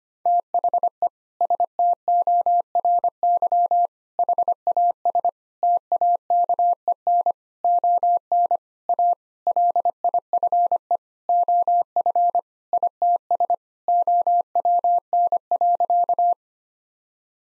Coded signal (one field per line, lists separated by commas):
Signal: Morse code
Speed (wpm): 25 wpm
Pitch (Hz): 700 Hz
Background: none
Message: THE STORY HAS TAKEN ON A LIFE OF ITS OWN.